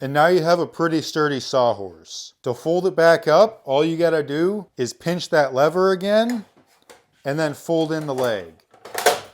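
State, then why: Seated. Someone talks while a leg of a Bora Portamate Speedhorse folding sawhorse is folded inward after pinching its release lever. At 9.1 s a short, sharp click sounds as the leg latches into the locking lever on the frame, locking the leg in its folded position.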